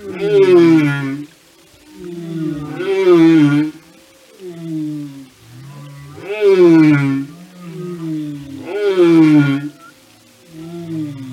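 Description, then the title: Whale singing repeated rounds of low groaning tones and bright harmonic cries that rise then fall, each phrase lasting a second or two. Whale songs and communication. "Whale Behavior"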